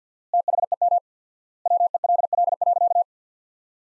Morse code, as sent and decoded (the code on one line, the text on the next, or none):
- .... . -- / .-- . .-.. .-.. .-.-.-
THEM WELL.